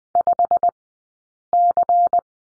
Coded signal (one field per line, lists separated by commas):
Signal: Morse code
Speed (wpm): 20 wpm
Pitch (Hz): 700 Hz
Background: none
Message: 5C